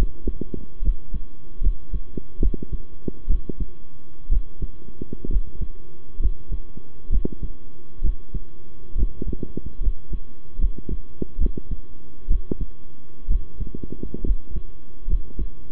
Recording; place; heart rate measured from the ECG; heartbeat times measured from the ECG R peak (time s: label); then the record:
heart sounds by stethoscope; between the tricuspid and mitral areas; 67 bpm
0.82 s: heartbeat
1.61 s: heartbeat
2.40 s: heartbeat
3.27 s: heartbeat
4.29 s: heartbeat
5.29 s: heartbeat
6.19 s: heartbeat
7.10 s: heartbeat
8.01 s: heartbeat
8.95 s: heartbeat
9.80 s: heartbeat
10.58 s: heartbeat
11.38 s: heartbeat
12.28 s: heartbeat
13.28 s: heartbeat
14.23 s: heartbeat
15.07 s: heartbeat
From the record:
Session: rest, sitting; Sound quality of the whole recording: good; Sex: male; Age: 23 years